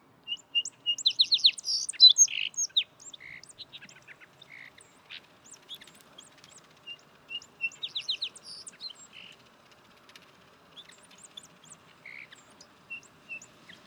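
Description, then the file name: Song Sparrow singing twice: a few sharp introductory notes, then a bright rapid trill and jumbled twittering phrases, with softer scattered notes in the pauses between songs. "Song Sparrow Melospiza melodia"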